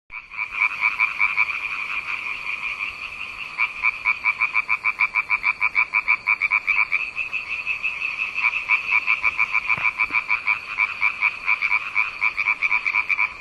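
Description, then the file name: Frog croaking in a fast, rattling run of pulses, almost without pause. "zaby"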